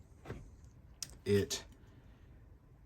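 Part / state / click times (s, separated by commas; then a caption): steel magazine into rifle magazine well / not seated / none. A reinforced Bulgarian steel magazine is rocked into the magazine well of an AK-pattern rifle, making a sharp metallic contact hit near 1.0 s followed by brief scraping, while someone talks. The magazine does not lock in, because the cross bolt catches on too much material, so nothing has seated or clicked yet.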